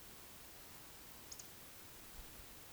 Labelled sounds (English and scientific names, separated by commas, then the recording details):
Eurasian Woodcock (Scolopax rusticola) whistle, Eurasian Woodcock (Scolopax rusticola) croak
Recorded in Baden-Württemberg, Germany, on 31 May 2021 at 20:03 UTC
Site 20675, 466 m above sea level